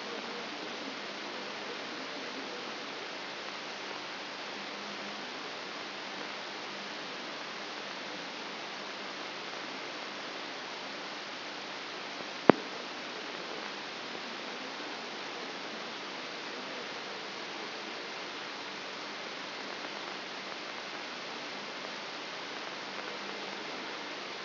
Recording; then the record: brain microelectrode recording played as sound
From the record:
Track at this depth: outside the subthalamic nucleus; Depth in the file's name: 5.501 mm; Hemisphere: left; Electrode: 3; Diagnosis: Parkinson's disease